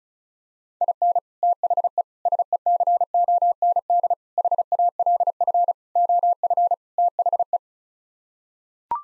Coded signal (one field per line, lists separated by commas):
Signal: Morse code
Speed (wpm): 34 wpm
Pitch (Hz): 700 Hz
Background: none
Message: IN THE SECOND HALF OF THE